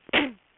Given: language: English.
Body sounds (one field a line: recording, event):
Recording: throat vibration sensor signal played as sound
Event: cough